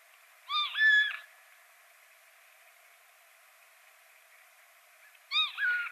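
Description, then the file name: Eurasian jay giving two-part calls: a short tonal note followed by a longer flat whistled note. Two bouts about five seconds apart over steady background hiss. "Garrulus glandarius"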